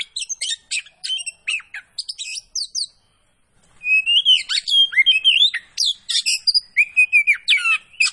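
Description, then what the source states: Oriental magpie-robin singing chattery notes, then a brief pause, then a louder stretch of wavering whistles and harsh chips. Kacer poci variety, singing vigorously (gacor).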